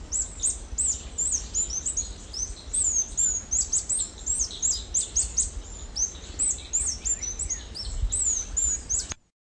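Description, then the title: White-chinned Sapphire giving a rapid, continuous stream of very high, thin chips and short slurred notes, almost unbroken for nine seconds over a low steady background hum. Subspecies griseiventris, inferred from the recording location. "LuckyPassaro Completos2Sama. White-chinned Sapphire (Hylocharis cyanus griseiventris (ssp assumed from location))"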